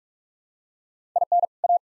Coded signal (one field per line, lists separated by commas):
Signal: Morse code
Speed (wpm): 42 wpm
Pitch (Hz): 700 Hz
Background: none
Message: IN A